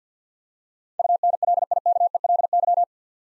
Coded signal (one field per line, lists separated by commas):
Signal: Morse code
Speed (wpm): 50 wpm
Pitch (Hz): 700 Hz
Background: none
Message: UNLIKELY